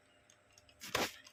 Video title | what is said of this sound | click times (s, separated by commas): ปริ้นเตอร์ Epson สายพานเสีย สายเอนโคเดอร์เสีย ปริ้นงานตัวหนังสือซ้อน | ดันล็อคคืนนะครับผมนะ | 0.9 s